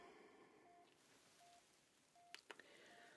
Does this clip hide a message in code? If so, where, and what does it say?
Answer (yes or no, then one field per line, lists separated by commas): no